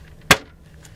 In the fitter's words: you should just click it in